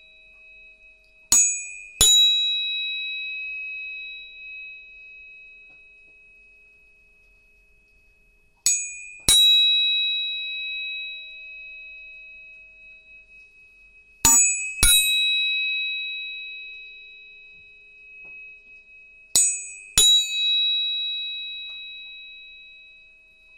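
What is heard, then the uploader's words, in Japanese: A tuning fork is struck in pairs of sharp metallic taps, about every five to six seconds, near 1, 9, 14 and 19 seconds. Each strike leaves a clear, bright, steady ringing tone that slowly fades between strikes. The background is otherwise silent. 音叉チューニング3本。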